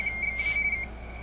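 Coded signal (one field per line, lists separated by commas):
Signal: RTTY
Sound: brief fast warbling between two close high tones, then a steady single tone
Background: radio static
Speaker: CQ tests K2 XA okay so that is working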